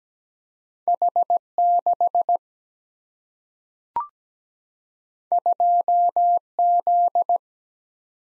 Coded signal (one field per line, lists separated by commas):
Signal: Morse code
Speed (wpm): 17 wpm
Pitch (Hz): 700 Hz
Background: none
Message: H 6 2 Z